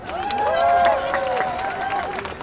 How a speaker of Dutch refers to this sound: Geef hem nog even een applaus.